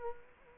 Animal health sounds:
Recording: mosquito wingbeat signal from an infrared sensor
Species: Culex quinquefasciatus

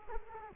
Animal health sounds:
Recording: mosquito wingbeat signal from an infrared sensor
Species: Culex quinquefasciatus

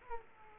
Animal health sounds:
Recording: mosquito wingbeat signal from an infrared sensor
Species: Aedes aegypti

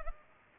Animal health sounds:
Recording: mosquito wingbeat signal from an infrared sensor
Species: Culex pipiens

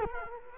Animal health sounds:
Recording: mosquito wingbeat signal from an infrared sensor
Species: Culex quinquefasciatus

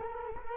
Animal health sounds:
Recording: mosquito wingbeat signal from an infrared sensor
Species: Culex quinquefasciatus

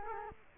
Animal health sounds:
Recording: mosquito wingbeat signal from an infrared sensor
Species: Culex quinquefasciatus

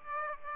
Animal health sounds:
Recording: mosquito wingbeat signal from an infrared sensor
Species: Aedes aegypti

